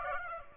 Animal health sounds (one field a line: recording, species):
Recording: mosquito wingbeat signal from an infrared sensor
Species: Aedes aegypti